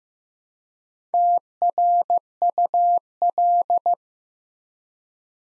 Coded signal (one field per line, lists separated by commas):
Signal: Morse code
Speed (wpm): 15 wpm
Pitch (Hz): 700 Hz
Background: none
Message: TRUL